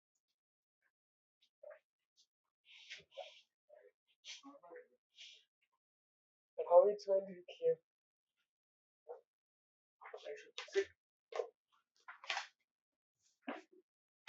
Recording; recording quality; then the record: shallow breathing; moderate, slight background noise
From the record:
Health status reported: recovered from COVID-19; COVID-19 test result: negative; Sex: male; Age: 28 years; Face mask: worn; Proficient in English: yes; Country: India